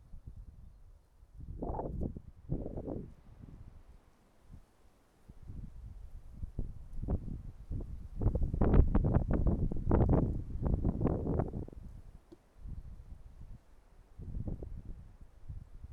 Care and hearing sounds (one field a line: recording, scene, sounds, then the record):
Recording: everyday scene through a hearing-aid microphone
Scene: wind on the microphone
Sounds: wind, traffic, birds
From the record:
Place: suburban garden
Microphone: behind the ear, right, rear